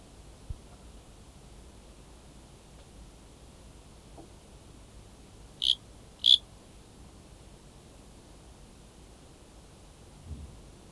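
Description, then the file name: Sciobia cricket song: two short, sharp, high chirps about half a second apart midway through, over steady low hiss with faint scattered ticks. "Sciobia sp near batnensis"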